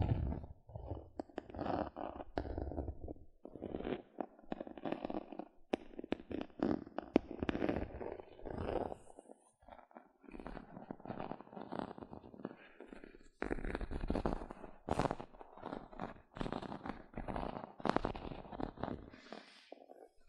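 Gentle scratching comes in dense, uneven bursts of crackly, brushing texture, with short gaps around ten and thirteen seconds before resuming.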